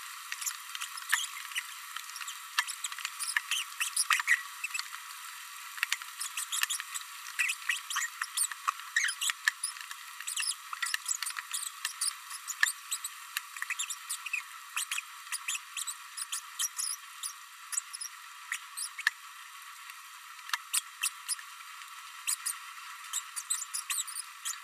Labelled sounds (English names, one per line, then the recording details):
Green-rumped Parrotlet babbling
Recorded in a nest box in Venezuela
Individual 18B104A3